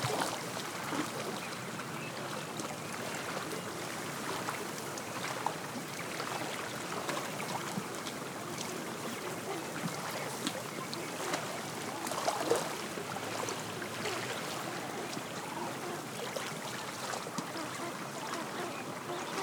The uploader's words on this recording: I recorded this on a breezy winter afternoon beside Big Lake in the northeast corner of Shasta County, California. The constant lapping of small wind waves against the tule lined shore is punctuated by the soft sound of the wind blowing through the bare branches of nearby trees and the gentle rustling of dry grasses.